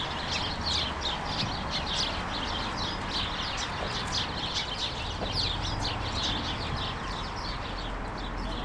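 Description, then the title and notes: Sparrows chattering as a flock, many brief high chirps overlapping continuously over a constant low background hum. Countless sparrows gathered in a hedge on Urbanstraße, attracted by birdseed balls hung there by residents; recorded January 17, 2009. "urbanstraße: spatzen in einer hecke - the city, the country & me: sparrows in a hedge. unzählige spatzen, angelockt von meisenknödeln, die von anwohnern in einer hecke angebracht wurden. january 17, 2009"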